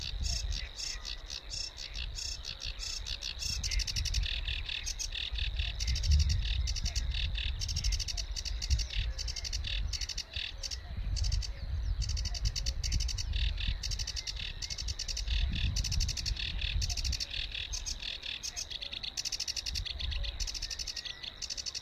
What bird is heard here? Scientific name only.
Acrocephalus schoenobaenus